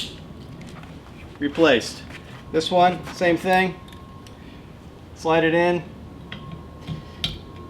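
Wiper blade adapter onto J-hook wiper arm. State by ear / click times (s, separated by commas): seated / 7.2 s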